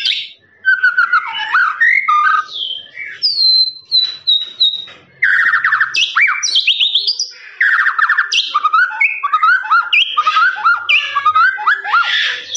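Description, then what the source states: Lovebird song of fast twittering trills and shrill squeaks, with a run of thin high whistles in the first half, nearly continuous throughout. Long trilling "ngekek" song style, used as a master recording for training birds.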